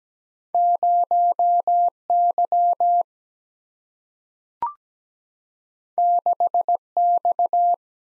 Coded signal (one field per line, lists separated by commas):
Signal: Morse code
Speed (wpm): 17 wpm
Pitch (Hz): 700 Hz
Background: none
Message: 0 Y 6 X